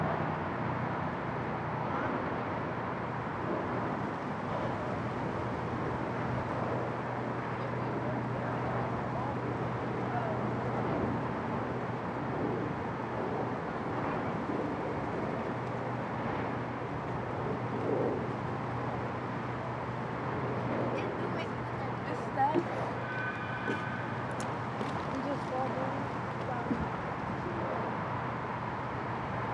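Under a bridge at a riverside pier, traffic overhead makes a steady, dense roar with a constant low hum running underneath. Faint voices surface now and then, and a cluster of sharper clanks and brighter squeaks stands out around the 22 to 25 second mark.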